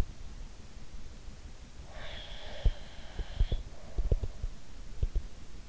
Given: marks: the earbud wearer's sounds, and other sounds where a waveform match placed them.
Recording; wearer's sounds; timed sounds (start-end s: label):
sounds in sleep by an in-ear microphone; breath
1.86-4.28 s: breath
2.65-5.24 s: sound from someone else or the room